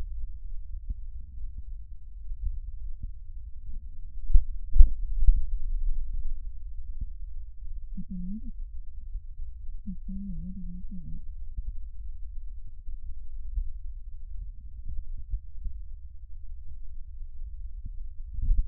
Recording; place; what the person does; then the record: lung sounds by stethoscope; left posterior basal chest; quiet breathing, then cough and speech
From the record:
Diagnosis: COPD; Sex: female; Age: 75 years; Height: 155 cm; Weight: 67.6 kg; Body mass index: 28.1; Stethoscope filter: bell mode